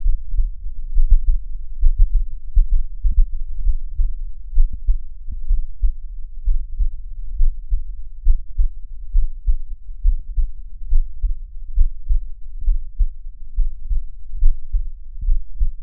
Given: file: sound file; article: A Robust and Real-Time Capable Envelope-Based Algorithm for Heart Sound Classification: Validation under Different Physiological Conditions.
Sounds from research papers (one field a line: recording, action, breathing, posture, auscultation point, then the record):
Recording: heart sounds by electronic stethoscope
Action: rest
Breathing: normal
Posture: lying on right side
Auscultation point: Erb’s point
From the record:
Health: healthy, no known heart disease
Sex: male